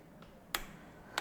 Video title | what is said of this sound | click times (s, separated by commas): I REBUILT A BROKEN DAMAGED RANGE ROVER ENGINE 5.0 V8 SUPERCHARGED - FULL BUILD | So, there's a click. | 0.5 s